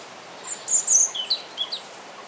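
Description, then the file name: European robin song, one brief phrase of thin, very high tinkling notes that jump up and down in pitch, over a faint steady hiss. "Erithacus rubecula"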